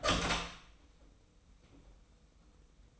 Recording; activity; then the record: daily activity, microphone in the room; open door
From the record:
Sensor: 1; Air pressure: 990.4 hPa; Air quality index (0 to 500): 152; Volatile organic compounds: 1000 ppm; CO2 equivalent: 5493 ppm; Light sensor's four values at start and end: 33/74/32/34 and 32/73/32/34